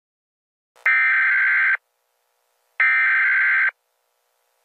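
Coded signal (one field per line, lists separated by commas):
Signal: Emergency Alert System (SAME) tones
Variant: header bursts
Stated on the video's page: Fictional EAS scenario of a Los Angeles earthquake, using valid EAS tones.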